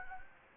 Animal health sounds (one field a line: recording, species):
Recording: mosquito wingbeat signal from an infrared sensor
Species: Anopheles gambiae